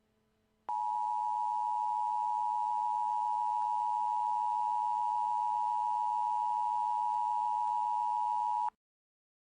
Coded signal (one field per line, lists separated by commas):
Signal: Emergency Alert System (SAME) tones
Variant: 853 and 960 Hz attention tone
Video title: EAS Scenario #9 The Disaster of The United States